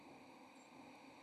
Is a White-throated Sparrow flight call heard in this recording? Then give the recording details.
no. Another species' flight call is heard. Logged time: 05:17 on 1 November 2014